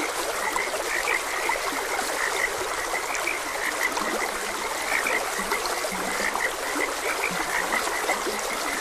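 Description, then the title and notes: Frog croaks in a busy chorus of short high notes, several deeper drawn-out croaks between them, over gently rushing stream water throughout. Frogs croaking beside a gentle stream; calming nature sounds. "Gentle Stream and Frogs Croaking - Calming Sounds of Nature. Sleep and Relaxation Podcast"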